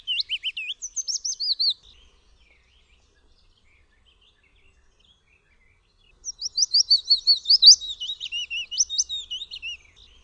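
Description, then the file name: Willow warbler song: two phrases of rapid, high whistled notes, the first short and the second longer, separated by a few seconds of silence. "PIECUSZEK"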